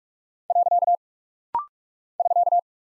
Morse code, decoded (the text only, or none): . <SK>